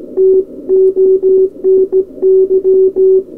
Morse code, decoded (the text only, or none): TONY